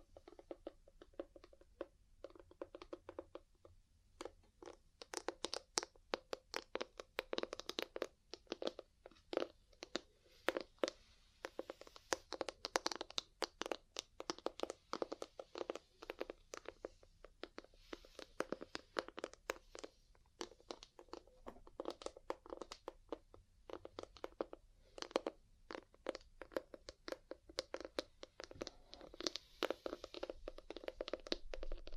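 Ear cleaning and tapping sounds: a dense, irregular stream of crisp clicks, taps and crinkly scratches running the whole time. It starts sparser and quieter, then from about five seconds the taps come thick and fast, with bright rustling crunches between them.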